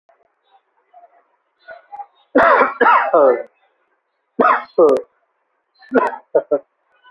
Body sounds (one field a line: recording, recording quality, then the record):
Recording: heavy voluntary cough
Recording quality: excellent, no background noise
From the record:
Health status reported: COVID-19 positive, moderate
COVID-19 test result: positive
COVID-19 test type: RT-PCR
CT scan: not taken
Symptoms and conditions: cough, cold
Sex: male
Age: 24 years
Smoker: no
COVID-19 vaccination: both doses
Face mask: not worn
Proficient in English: yes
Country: India